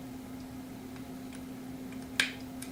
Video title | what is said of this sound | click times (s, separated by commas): INIU Wireless Charger 15W Fast Wireless Charging Stand Up Model | plugs into the very back of it right here. Click, | 2.2 s